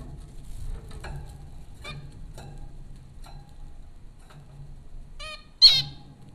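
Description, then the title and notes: Zebra finch calls, soft ticks and quiet beeps building to a loud, sharp nasal call near the end, over a faint low hum. Zebra finches recorded by Dan Bodah at Popcorn School, Flatbush, Brooklyn, New York, in April 2009. "Dronecast: The Popcorn Finches Four from Apr 15, 2009. Zebra finches recorded by Dan Bodah at Popcorn School, Flatbush, Brooklyn NY in April 2009"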